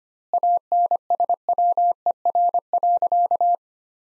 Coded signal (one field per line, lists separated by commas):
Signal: Morse code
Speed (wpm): 25 wpm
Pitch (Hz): 700 Hz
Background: none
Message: ANSWER.